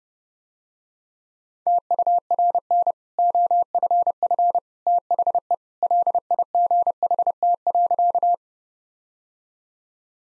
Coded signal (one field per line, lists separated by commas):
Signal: Morse code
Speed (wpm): 30 wpm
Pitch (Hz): 700 Hz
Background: none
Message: TURN OFF THE LIGHT.